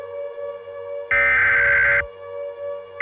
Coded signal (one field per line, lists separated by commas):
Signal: Emergency Alert System (SAME) tones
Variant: header bursts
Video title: eas scenario: A Quiet Place